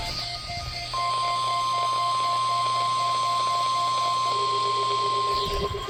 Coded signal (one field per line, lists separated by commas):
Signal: Emergency Alert System (SAME) tones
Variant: 1050 Hz attention tone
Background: music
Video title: EAS #25-26: LSX Required Weekly Test (Including KXI42!) 2025/16/11 #MOwx #ILwx #STLwx #KDO89 #KXI42